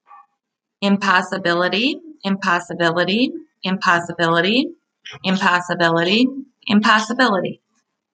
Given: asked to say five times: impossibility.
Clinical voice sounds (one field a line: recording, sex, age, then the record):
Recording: repeated word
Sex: female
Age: 30 to 39 years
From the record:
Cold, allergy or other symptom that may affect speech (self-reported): no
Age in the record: 34 years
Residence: Wisconsin, United States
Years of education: 16